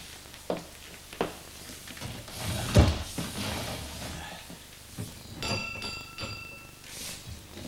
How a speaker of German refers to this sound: Ich hole Gläser.